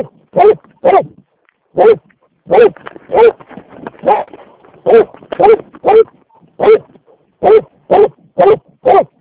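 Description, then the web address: Dog barks coming in uneven bursts, some paired, with softer rough sounds in between. A dog named Vekku. "Vekku. taperan koirat"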